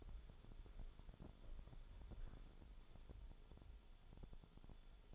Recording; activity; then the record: daily activity, microphone in the room; walk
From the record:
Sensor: 5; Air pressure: 1015.4 hPa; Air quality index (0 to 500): 173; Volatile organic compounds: 6 ppm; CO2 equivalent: 1876 ppm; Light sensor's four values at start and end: 38/87/35/34 and 38/87/35/35